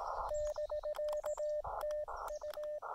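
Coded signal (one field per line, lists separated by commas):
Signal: Morse code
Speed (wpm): 20 wpm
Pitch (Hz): 590 Hz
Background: radio noise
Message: <BK>TU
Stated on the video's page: Morse from a combined summit and two-park activation at one site.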